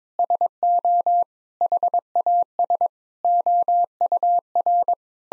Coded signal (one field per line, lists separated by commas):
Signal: Morse code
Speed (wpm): 22 wpm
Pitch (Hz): 700 Hz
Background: none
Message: SO HAS OUR